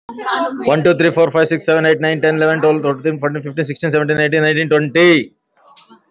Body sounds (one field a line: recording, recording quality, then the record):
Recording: counting at a fast pace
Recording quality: moderate, slight background noise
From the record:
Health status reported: recovered from COVID-19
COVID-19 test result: positive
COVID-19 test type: RT-PCR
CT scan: not taken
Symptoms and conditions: cough, cold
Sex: male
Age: 40 years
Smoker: no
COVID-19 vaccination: both doses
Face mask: worn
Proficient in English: yes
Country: India